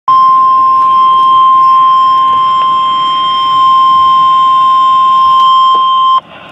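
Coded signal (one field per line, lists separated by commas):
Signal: Emergency Alert System (SAME) tones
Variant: 1050 Hz attention tone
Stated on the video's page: Required Weekly Test from NOAA weather radio station KHB38, received on a Uniden BC125AT scanner.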